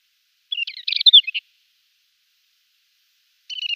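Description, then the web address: Scrub Warbler song: a brief, high, scratchy warbled phrase of jumbled twittering notes, then after a pause the start of a fast repeated trill. "Schulze Peter Scrub Warbler"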